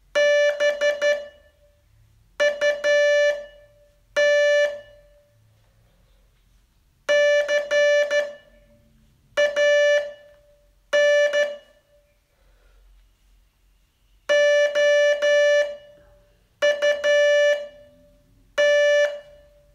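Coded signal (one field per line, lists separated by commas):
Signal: Morse code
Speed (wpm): 12 wpm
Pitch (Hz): 580 Hz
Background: music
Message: BUT CAN OUT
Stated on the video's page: Day 35 test of a 42-day Morse training course.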